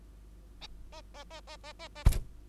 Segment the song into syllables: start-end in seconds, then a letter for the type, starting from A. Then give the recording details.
0.61-0.67 A, 0.92-1.01 A, 1.14-1.24 A, 1.30-1.41 A, 1.47-1.57 A, 1.63-1.73 A, 1.79-1.88 A, 1.95-2.04 A. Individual Bird2